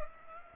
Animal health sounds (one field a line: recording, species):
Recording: mosquito wingbeat signal from an infrared sensor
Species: Culex pipiens